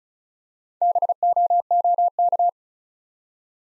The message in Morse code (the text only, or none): BOOK